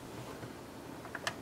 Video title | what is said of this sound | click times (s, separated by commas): Tandy Color Computer 2: Ram Upgrade, Composite Mod, DIY Multi-Pak Interface | also a little bit of a challenge to snap into place. | 1.2 s, 1.3 s